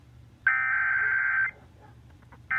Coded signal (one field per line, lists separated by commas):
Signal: Emergency Alert System (SAME) tones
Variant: header bursts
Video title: Severe Thunderstorm Warning On WRVA-AM 7/16/22 (EAS #1394)